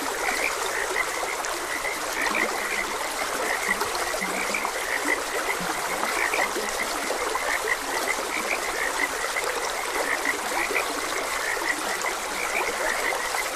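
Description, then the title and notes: Frogs keep up a steady croaking chorus with scattered low croaks, while a stream flows constantly in the background. Frogs croaking beside a gentle stream. "Gentle Stream and Frogs Croaking. Sleep and Relaxation Podcast"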